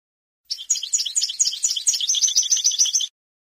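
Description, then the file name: European goldfinch song: a brisk, continuous twittering of high, clipped notes and quick warbles, lasting under three seconds against a quiet background. "suara burung chardonneret atau goldfinch eropa om kicau"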